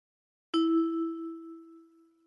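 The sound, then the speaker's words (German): A single bright chime, a signal tone in a German language listening exercise, strikes once with a sharp onset, then its steady mid-pitched tone rings out and slowly fades over about two seconds, with no voices present. “Ergänzen Sie die richtige Antwort nach dem 2. Signal.”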